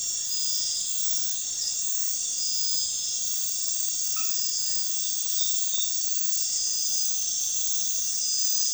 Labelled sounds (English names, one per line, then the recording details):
none
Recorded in dense forest near Puerto Asís, Putumayo, Colombia, on 20 February 2024 at 00:00
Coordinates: 0.505, -76.324
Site G6467